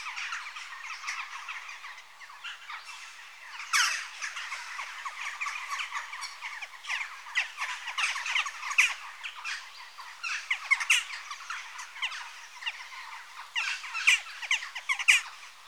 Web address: BBC Sound Effects Library Birds Jackdaw (Corvus Monedula) Adults